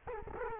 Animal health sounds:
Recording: mosquito wingbeat signal from an infrared sensor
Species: Culex quinquefasciatus

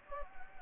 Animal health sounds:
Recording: mosquito wingbeat signal from an infrared sensor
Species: Anopheles gambiae

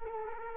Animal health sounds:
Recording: mosquito wingbeat signal from an infrared sensor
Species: Culex quinquefasciatus

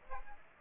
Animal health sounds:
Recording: mosquito wingbeat signal from an infrared sensor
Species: Aedes aegypti

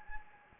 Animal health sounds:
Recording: mosquito wingbeat signal from an infrared sensor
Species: Anopheles gambiae

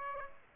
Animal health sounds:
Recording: mosquito wingbeat signal from an infrared sensor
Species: Aedes aegypti

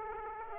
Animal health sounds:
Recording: mosquito wingbeat signal from an infrared sensor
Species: Aedes aegypti

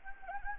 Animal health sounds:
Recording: mosquito wingbeat signal from an infrared sensor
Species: Anopheles gambiae

